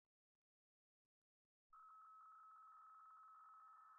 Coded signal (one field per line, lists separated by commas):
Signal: PSK63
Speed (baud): 62.5 baud